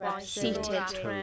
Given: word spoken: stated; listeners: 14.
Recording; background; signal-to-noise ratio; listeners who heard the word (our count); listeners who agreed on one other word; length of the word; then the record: one English word in noise, from a listening test; four-talker babble; -1.5 dB; 0 of 14; 13 of 14; 0.83 s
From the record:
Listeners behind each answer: 13, 1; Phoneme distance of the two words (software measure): 17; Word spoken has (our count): 2 syllables, 6 phonemes, stress on syllable 1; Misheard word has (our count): 2 syllables, 5 phonemes, stress on syllable 1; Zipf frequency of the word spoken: 3.73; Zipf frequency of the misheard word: 3.88